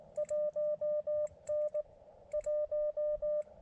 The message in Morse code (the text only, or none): 1N 1